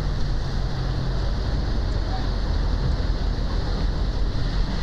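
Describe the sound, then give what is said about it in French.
Rain falls outdoors on Mont-Royal in a steady, even hiss that never lets up, layered over a low, constant rumble like wind buffeting the microphone. “Voilà, fin d'une autre séquence sur Mont-Royal. Toujours sous la pluie.”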